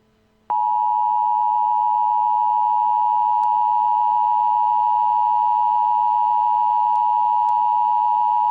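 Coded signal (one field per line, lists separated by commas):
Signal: Emergency Alert System (SAME) tones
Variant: 853 and 960 Hz attention tone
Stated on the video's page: Fictional EAS scenario about an asteroid striking Earth.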